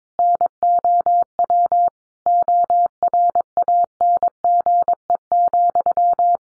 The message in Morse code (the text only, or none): NOW ORANGE,